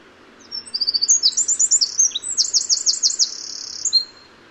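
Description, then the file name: Eurasian wren in full song, a fast stream of piercing high notes with rattling trills and brief whistles, about three and a half seconds long. "Troglodytes troglodytes"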